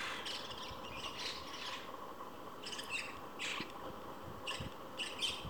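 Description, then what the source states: White-cheeked starling harsh squawks in several short bursts, over steady background noise. Pairs of starlings lined up evenly on an electric wire, occasionally squabbling noisily with harsh calls.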